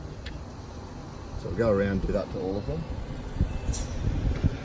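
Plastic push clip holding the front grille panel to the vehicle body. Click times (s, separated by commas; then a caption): 0.3 s. A plastic push-type retaining clip holding the front grille panel to the body of a 2015-on Toyota Hilux N80 has its centre pin pushed in. It clicks at 0.3 s and releases, so the clip can be removed. Afterwards someone talks over a low background rumble.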